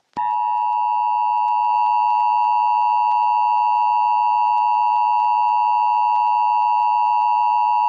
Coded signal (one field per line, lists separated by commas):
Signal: Emergency Alert System (SAME) tones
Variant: 853 and 960 Hz attention tone